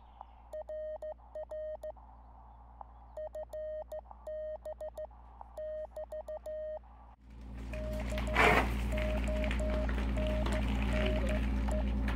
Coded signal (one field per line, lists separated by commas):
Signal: Morse code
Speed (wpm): 14 wpm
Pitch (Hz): 620 Hz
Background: none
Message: RR FB <BT> BONNE